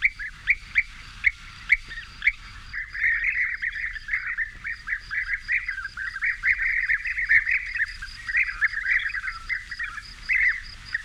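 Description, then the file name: European bee-eater calls, a few separate rolling notes at first, then many birds joining in a dense, overlapping chatter. "Sound Effects Factory - European Bee-Eater Merops apiaster"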